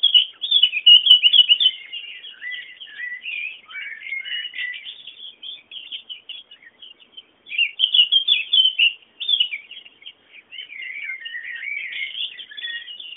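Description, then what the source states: Bird song, nearly continuous high chattering twitter with rapid chirps and short warbled phrases throughout. Background bird sounds.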